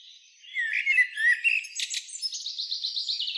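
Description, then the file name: Common blackbird, thin squeaky notes that run into a fast, evenly repeated high trill. "Turdus merula"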